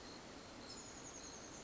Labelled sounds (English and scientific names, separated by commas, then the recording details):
Chestnut-backed Chickadee (Poecile rufescens)
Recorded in Sonoma County, California